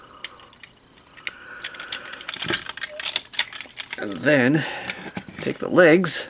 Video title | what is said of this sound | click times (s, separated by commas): Transformers Robots In Disguise: Super Class Ultra Magnus Review | and then collapse the chest piece back up, and that will lock into place. | 1.3 s